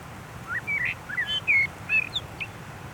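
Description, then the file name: Common blackbird delivering a quick series of varied whistled notes, some sliding up and some down, over faint steady background noise. "Turdus merula"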